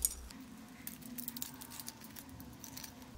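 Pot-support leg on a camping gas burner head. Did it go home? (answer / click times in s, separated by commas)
no / none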